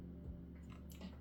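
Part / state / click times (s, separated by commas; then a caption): plastic brick section onto the rocket model body / not seated / none. A lined-up plastic brick section of a LEGO Saturn V rocket model is pushed onto the rocket body over a steady low hum, with faint taps around 0.7 and 0.9 seconds. The section does not go in, and nothing has seated or clicked yet.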